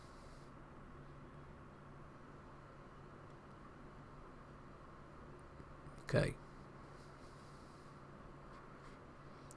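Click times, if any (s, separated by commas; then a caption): 9.5 s. Someone talks while working the small toothed display/digitizer flex cable connector of an iPod Touch 4th Generation onto its logic board socket during a screen replacement, over steady low background noise. A short, sharp click at 9.5 s marks the connector seating into place.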